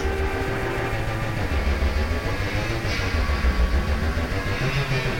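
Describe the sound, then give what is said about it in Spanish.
Truck engines run in a steady, loud, low rumble, with droning mechanical tones layered over the throbbing bass and no voices. “Camiones.”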